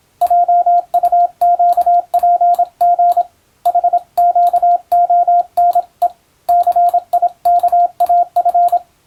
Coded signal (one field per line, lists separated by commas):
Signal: Morse code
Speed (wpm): 27 wpm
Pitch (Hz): 700 Hz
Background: radio noise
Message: JUQPG HQONE CIKAF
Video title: モールス練習ビデオ、スマホ時代の今でも行われているモールスの国家試験の練習風景です。アマチュア無線ハムの受信練習にもどうぞ(morse code practice radio operator )